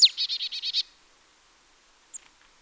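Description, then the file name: Marsh tit call: one sharp down-slurred note and a short buzzy string of several notes, then near silence with a faint chip. "Poecile palustris"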